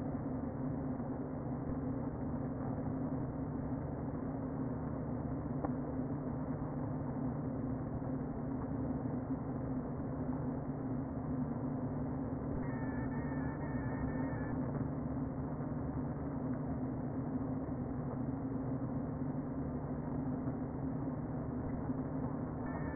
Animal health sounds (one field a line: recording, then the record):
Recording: honeybee colony, microphone inside the hive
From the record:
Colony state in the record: queen present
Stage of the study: before two queens were removed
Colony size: about 60,000 bees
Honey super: yes